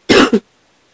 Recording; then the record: coughing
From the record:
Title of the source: 60 coughing still (deep and wet cough)